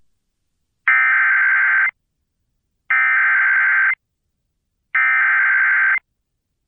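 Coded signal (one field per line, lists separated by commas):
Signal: Emergency Alert System (SAME) tones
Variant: header bursts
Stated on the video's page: Severe Thunderstorm Warning from the National Weather Service, relayed by an FM radio station, recorded from that station's online live stream.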